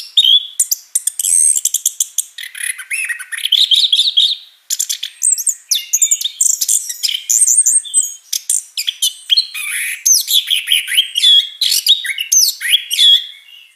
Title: Anis Kembang Gacor Ngeplong Istimewa Suara Burung